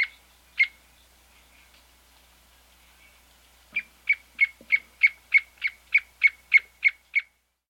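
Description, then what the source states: White-fringed antwren giving two isolated high notes, then a rapid steady series of about twelve evenly spaced sharp high chips after a pause. South America.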